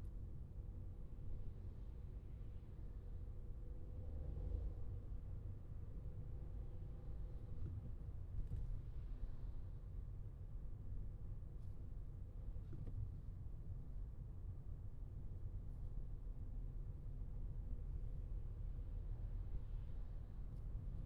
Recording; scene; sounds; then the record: everyday scene through a hearing-aid microphone; in a vehicle; engine, traffic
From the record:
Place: Skoda Fabia, gasoline engine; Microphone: in the ear canal, left